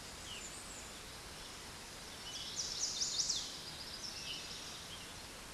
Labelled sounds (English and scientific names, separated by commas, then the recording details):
Chestnut-sided Warbler (Setophaga pensylvanica) song
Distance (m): 30 m
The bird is about 5 m above the microphone
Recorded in a Pennsylvania forest on 16 May 2024 at 08:10
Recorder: AudioMoth, point MSD-1368
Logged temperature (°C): 12.5 °C
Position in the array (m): 16 m, 26 m